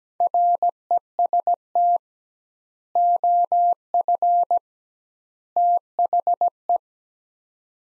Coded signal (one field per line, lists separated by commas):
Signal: Morse code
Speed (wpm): 17 wpm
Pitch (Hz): 700 Hz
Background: none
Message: REST OF THE